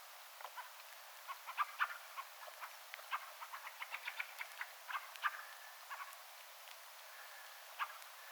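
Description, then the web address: Fieldfare calls in a busy run of rapid dry clicks, several birds overlapping, with a faint level tone late. Attention-seeking calls of one fieldfare, with a second and a third fieldfare calling in the background; recorded 17 December 2024. "paivat 17 12 2024 rakattirastaan huomioaantelya taustalla toinen ja kolmaskin rakattirastas"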